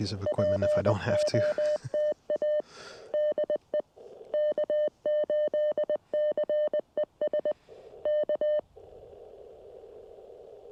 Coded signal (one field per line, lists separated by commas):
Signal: Morse code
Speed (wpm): 20 wpm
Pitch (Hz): 600 Hz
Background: speech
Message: POTA DE K8CES K